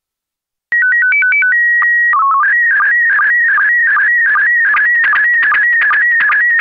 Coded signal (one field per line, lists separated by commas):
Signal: SSTV (slow-scan television)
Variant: PD 50